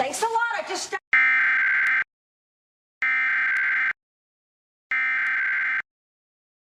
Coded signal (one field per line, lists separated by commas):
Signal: Emergency Alert System (SAME) tones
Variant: header bursts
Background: speech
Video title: WFRV/WLUK Emergency Alert System (EAS) Test, 8/4/2021